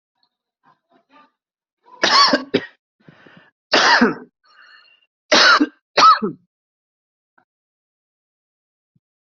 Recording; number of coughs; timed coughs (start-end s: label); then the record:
coughing; 4
2.00-2.77 s: cough
3.71-4.26 s: cough
5.31-5.70 s: cough
5.95-6.37 s: cough
From the record:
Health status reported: COVID-19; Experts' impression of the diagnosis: COVID-19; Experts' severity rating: mild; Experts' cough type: dry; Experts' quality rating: ok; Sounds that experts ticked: dyspnea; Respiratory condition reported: yes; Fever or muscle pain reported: no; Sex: male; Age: 42 years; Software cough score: 1.00